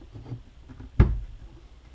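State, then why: Seated. A rubber o-ring snaps into the groove of the plastic intake/output fitting on a Hydor aquarium canister filter. One sharp, broadband snap sounds at 1.0 s over a low, quiet background. The o-ring seats in place.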